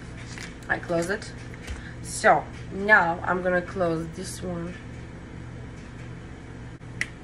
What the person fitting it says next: Okay, you can hear the click.